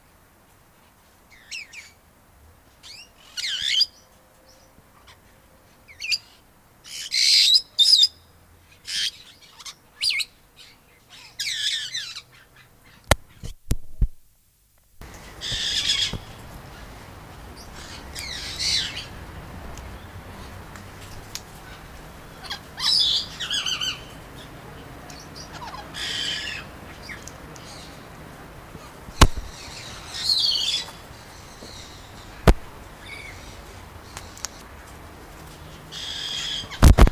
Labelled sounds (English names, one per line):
Black-headed Parrot call